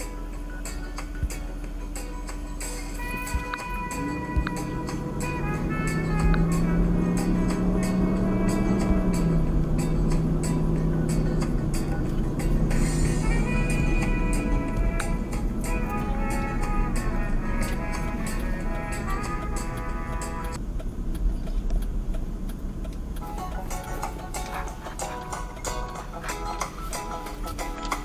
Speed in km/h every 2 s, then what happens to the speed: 0, 0, 0, 8, 24, 27, 31, 32, 32, 26, 18, 13, 8, 6.
0-4 standing. 4-13 pulls away to 32. 16-28 slows to 6.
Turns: none.